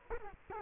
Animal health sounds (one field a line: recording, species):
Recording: mosquito wingbeat signal from an infrared sensor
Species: Culex quinquefasciatus